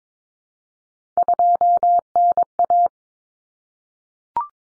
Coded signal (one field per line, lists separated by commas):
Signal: Morse code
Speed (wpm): 22 wpm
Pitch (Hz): 700 Hz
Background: none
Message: 2NA